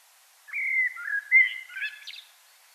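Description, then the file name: Common blackbird song phrase: a long mellow whistle, then several wavering fluted notes and a short, high, scratchy twitter. "Turdus merula"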